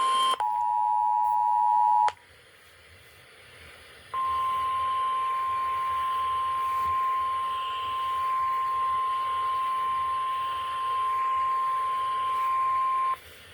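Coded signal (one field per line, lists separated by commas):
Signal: Emergency Alert System (SAME) tones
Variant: 853 and 960 Hz attention tone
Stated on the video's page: Severe thunderstorm warning relayed on broadcast stations WDRU and WRKV.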